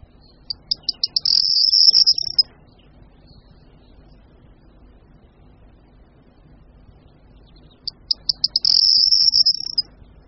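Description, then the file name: Corn bunting singing twice, about seven seconds apart, each phrase opening with quickening ticks and ending in a bright, jingling rattle like shaken keys. "Strnad-luční"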